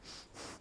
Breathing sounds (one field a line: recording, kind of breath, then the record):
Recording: one breath in and out by a microphone near the nose and mouth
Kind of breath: strong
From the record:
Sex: male